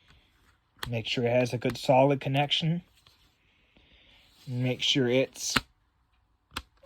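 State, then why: Seated. A plastic disc tray is pressed into a CD jewel case after the case is flipped around, pressed for a solid connection. Someone talks, then one sharp click sounds at 6.6 s as the tray locks into place.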